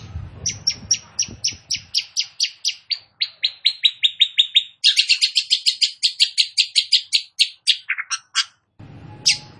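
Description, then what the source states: Long-tailed shrike song: a long series of sharp, high repeated notes, speeding into a denser chattering run, then a few lower slurred notes; brief low hum at start. Described as gacor, singing actively.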